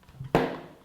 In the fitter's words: like that you can see until you hear the click and